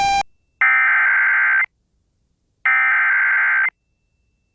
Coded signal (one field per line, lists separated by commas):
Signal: Emergency Alert System (SAME) tones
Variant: header bursts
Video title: Severe Thunderstorm Warning (KS and CO) (9/9/25) [EAS #291]